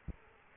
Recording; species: mosquito wingbeat signal from an infrared sensor; Aedes aegypti